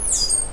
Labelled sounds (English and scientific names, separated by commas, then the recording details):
Stitchbird (Notiomystis cincta) song
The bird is a male
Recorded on Tiritiri Matangi Island, New Zealand, in 2005
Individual 12, of nest box 16